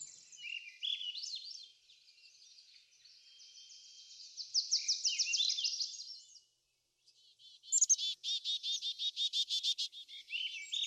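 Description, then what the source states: High bird chatter and a rapid trill, a brief silence, then a loud series of fast repeated chirps. Birds in a backyard; ambient nature sounds.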